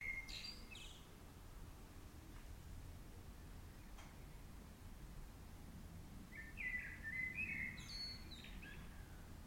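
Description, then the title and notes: Bird calls: a brief burst of high chirps at the start, then after a quiet gap a longer twittering phrase of slurred mid-high notes, over a steady low rumble. Bird heard outside a window. "Bird outside my window by etest"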